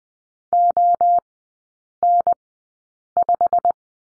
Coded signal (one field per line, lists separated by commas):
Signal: Morse code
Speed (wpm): 20 wpm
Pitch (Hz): 700 Hz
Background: none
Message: ON5